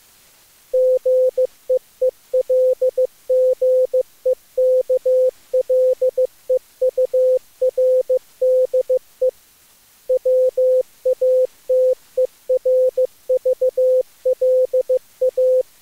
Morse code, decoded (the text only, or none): GEELGEKLEURDE WATERVLA